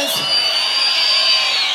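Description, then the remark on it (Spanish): A crowd of young men at a live concert whistles loudly, many shrill, sustained whistles overlapping into a steady high-pitched wash, with a rumble of cheering and shouting underneath. “El silbido de todos los pibes.”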